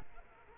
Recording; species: mosquito wingbeat signal from an infrared sensor; Culex quinquefasciatus